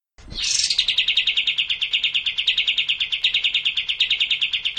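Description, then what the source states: Cililin singing a sustained fast trill, starting with a brief sweeping high note, then even, repeated buzzy notes held at one pitch throughout. Song in the kapas tembak style.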